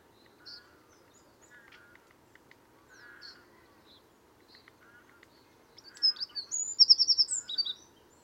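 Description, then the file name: Eurasian wren song bursts out after several quiet seconds of soft scattered chirps, a short high phrase with a rapid buzzy trill. "Troglodytes troglodytes"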